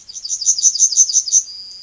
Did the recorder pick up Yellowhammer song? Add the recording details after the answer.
yes. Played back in forest. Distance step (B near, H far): B. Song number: 167